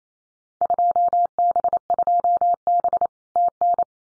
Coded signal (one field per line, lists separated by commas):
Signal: Morse code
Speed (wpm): 28 wpm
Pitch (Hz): 700 Hz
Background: none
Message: 2B2B TN